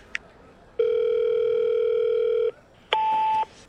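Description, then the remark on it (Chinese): A short click, then a long steady telephone ringback tone of about two seconds as a call is dialed on a mobile phone, a brief pause, and a second higher, harsher tone starting. No talking, steady and fairly loud. “掏出手机，面无表情地拨通了一个电话。”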